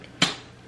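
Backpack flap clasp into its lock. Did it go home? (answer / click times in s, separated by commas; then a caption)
yes / 0.2 s. The flap clasp of a Fendi Cruise logo backpack, filled to the brim with its drawstring tightened, is pressed into its lock. After a faint tick near 0.0 s, a single sharp click at 0.2 s shows the clasp has seated closed.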